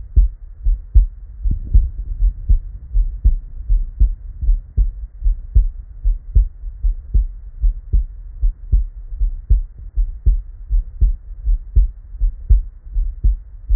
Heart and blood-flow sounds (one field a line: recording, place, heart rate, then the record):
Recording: heart sounds by stethoscope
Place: Erb's point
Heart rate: 76 bpm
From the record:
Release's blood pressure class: normal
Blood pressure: 100/65 mmHg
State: at rest